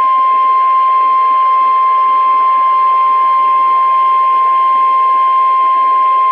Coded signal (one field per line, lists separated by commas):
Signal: Emergency Alert System (SAME) tones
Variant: 1050 Hz attention tone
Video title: Severe Thunderstorm Warning (EAS #286)